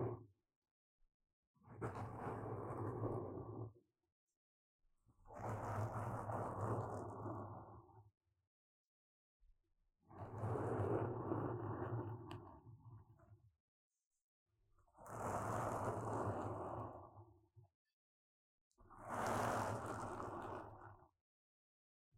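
Intense brain scratching comes in five dense, rough bursts of about two seconds each, with a low buzzing undertone and silent gaps between.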